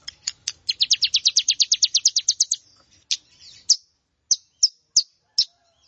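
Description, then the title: Plain prinia gives a quick run of high buzzy notes, then a few spaced sharp single chips. "Ciblek Sawah"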